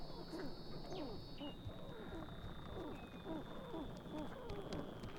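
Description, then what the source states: Weddell seal underwater calls: a chorus of many short chirps and warbles, with a thin sustained high tone running through. Weddell seals recorded underwater.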